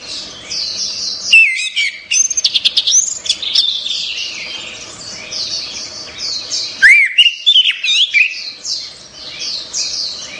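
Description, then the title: Orange-headed thrush song: varied whistled and warbled phrases, some rising and sliding, over a dense high chattering background. "Anis Merah"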